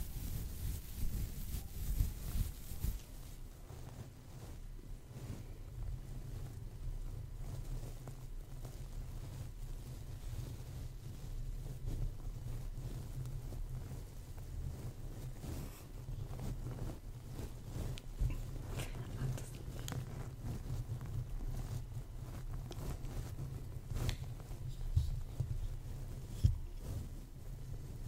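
Scalp and face massage with hair brushing: a steady low rumble runs throughout, overlaid by quick, irregular scratchy strokes and taps that come several times a second. The opening three seconds are brighter and hissier before the sound settles into softer brushing.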